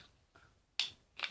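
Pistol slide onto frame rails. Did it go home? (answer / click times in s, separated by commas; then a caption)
yes / 0.8 s. The slide of a KWA Glock 17 airsoft pistol is set onto the frame rails and pushed home, sliding in by itself. A sharp, bright click at 0.8 s marks it seating, with a faint tap before it and a few lighter clicks around 1.2–1.4 s. The slide is confirmed seated on the rails.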